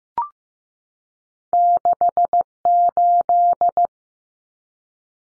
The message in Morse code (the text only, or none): 68